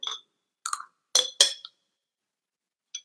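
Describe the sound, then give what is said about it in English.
Glasses clink together in a toast, a few bright, ringing taps in quick succession followed by a pause and one last faint chime, with no voices. “And cheers to tahini.”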